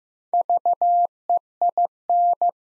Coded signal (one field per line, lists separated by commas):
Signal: Morse code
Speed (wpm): 15 wpm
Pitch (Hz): 700 Hz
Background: none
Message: VEIN